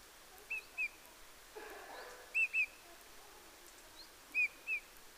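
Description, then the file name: Eurasian bullfinch calls: soft, arched whistled notes in pairs, repeated about every two seconds, with a brief low rustle between them. "Pyrrhula pyrrhula"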